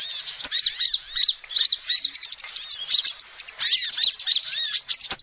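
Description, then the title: Lovebird chattering, a dense stream of shrill, squeaky arched chirps with brief pauses near the middle and short sharp clicks. Recording used as a lure to trap birds. "PIKAT BURUNG LOVEBIRD"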